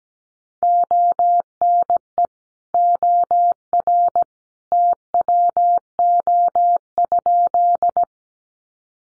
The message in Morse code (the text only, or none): ONE OR TWO?